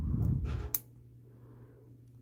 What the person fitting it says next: I heard a snap. There's the snap. There we go.